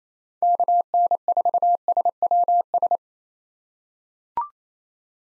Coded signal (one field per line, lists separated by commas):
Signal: Morse code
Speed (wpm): 28 wpm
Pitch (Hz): 700 Hz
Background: none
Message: KN4SWS